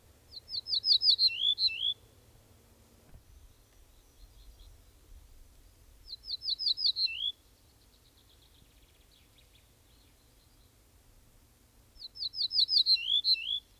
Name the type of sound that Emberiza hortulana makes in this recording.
song